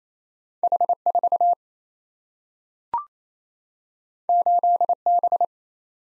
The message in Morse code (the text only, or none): H4 8B